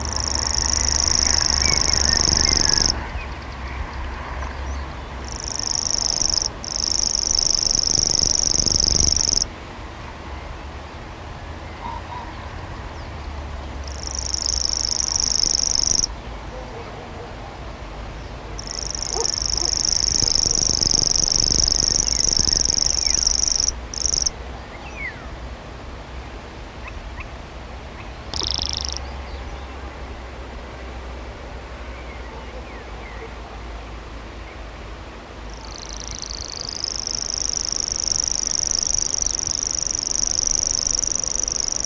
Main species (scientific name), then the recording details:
Locustella naevia. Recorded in the wild. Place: Schweinsberg, DE. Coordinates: 50.7678, 8.98222. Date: 1964-04-21 20:00. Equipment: Uher Report 4000, AKG D190. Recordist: Krey, Winfried